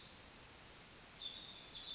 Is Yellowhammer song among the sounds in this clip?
no